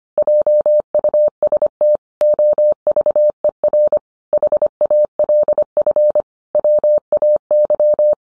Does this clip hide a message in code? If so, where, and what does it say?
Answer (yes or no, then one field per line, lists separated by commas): yes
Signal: Morse code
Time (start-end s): 0.2-8.1 s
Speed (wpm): 25 wpm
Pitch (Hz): 600 Hz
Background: none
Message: JUST OVER HALF WAY